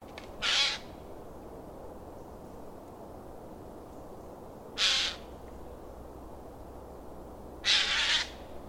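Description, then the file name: Eurasian jay giving harsh, rasping screeches, three loud calls spread over several seconds with long quiet pauses between them and faint background hiss. "Garrulus glandarius"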